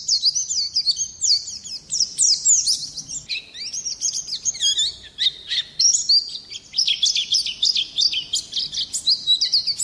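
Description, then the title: Oriental Magpie-robin singing a rapid, varied run of sharp chirps and slurred whistles, high-pitched phrases tumbling together with brief gaps near the middle. "Kicau Kacer"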